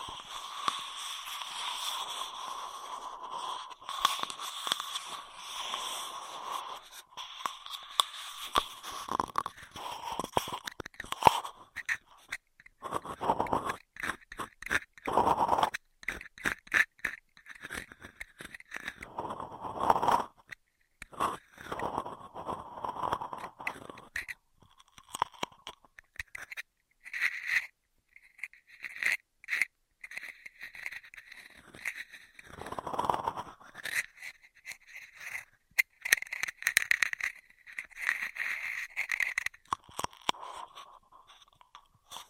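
Intense straw sounds fill the recording with dense, crackling crunches and rustles, coming in rapid irregular bursts with short pauses between. The texture stays busy and bright throughout, with louder scrunching swells around 13, 20 and 33 seconds.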